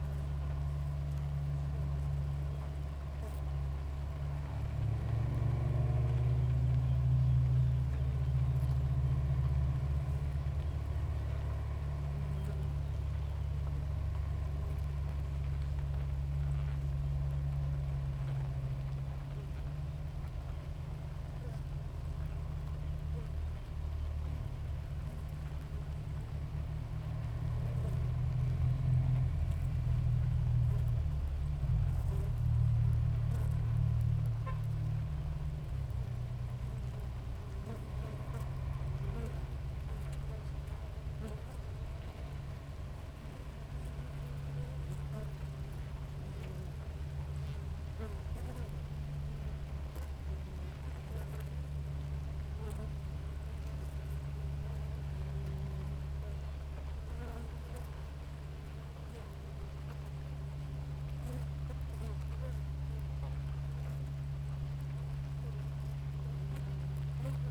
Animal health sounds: honeybee colony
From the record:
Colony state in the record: active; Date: 28 July 2017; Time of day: 6:40

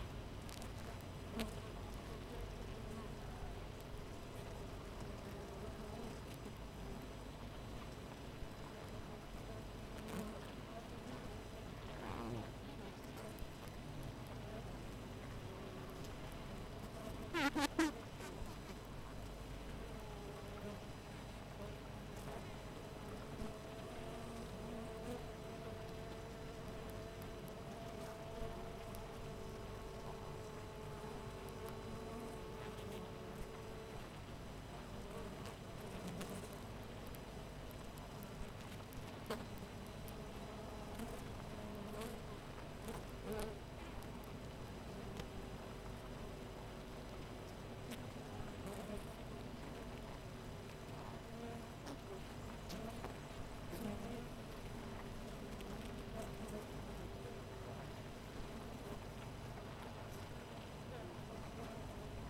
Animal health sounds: honeybee colony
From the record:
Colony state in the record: missing queen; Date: 14 July 2017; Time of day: 5:57

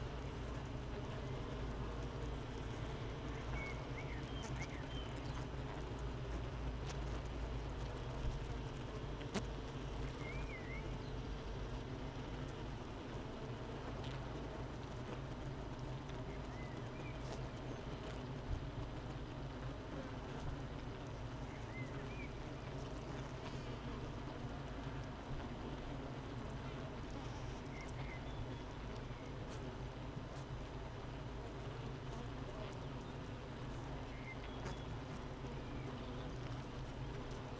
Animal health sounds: honeybee colony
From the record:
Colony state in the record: missing queen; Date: 31 May 2018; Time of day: 7:57

